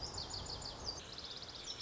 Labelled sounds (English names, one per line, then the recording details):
Lazuli Bunting
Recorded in Sonoma County, California